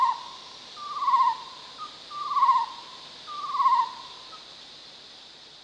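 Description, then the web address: Chestnut-necklaced partridge calling: three drawn-out, downslurred whistles with short notes between them, backed by a continuous shrill insect hum. Recorded at Danum on 1 March 2008. "DANUM 20080301. chestnut-necklaced hill partridge"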